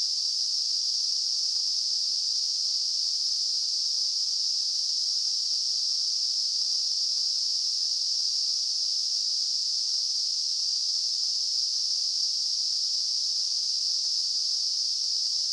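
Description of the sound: A steady, unbroken high-pitched hiss centred near 5 kHz holds at a constant loudness for about 15 seconds, with no low sounds. This is a simulation of tinnitus, the constant ringing or hissing some people hear without any outside sound.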